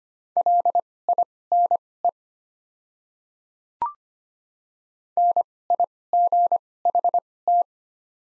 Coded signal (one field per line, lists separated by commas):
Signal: Morse code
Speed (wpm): 25 wpm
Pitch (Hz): 700 Hz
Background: none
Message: LINE NIGHT